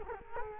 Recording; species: mosquito wingbeat signal from an infrared sensor; Culex quinquefasciatus